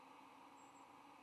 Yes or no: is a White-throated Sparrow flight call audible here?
no